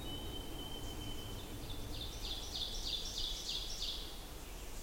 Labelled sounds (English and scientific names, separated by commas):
Ovenbird (Seiurus aurocapilla) song